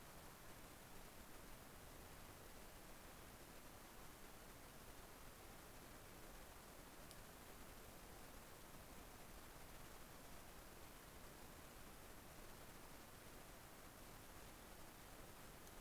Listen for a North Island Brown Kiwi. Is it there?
no